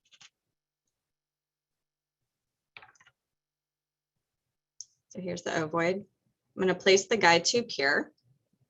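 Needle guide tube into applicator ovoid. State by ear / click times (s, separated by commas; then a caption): not seated / none. A plastic needle guide tube is handled against the ovoid of a hybrid interstitial brachytherapy applicator, producing a few faint taps near 2.8 s and 3.0 s and a brief sharp tick at 4.8 s. Someone talks over the latter half. Nothing has seated or clicked into the ovoid yet.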